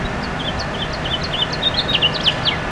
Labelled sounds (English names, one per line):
House Finch song